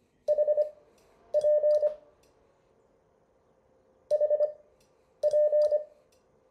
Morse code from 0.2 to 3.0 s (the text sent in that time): HP